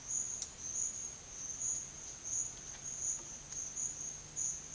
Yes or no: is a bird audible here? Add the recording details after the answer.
no. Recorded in pastures near Puerto Asís, Putumayo, Colombia, on 30 June 2025 at 11:30. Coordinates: 0.502, -76.324. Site G010